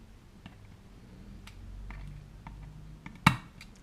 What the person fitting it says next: Right, so that's clicked in place.